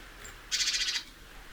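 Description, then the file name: Great tit call: a short burst of several rapid, harsh, buzzy notes lasting about half a second, with a faint high thin note just before. "Parus major"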